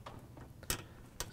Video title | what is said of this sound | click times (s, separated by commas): How To: Whirlpool/KitchenAid/Maytag Clutch Assembly 285785 | get the wires in there and press it together to lock it | 0.7 s, 1.2 s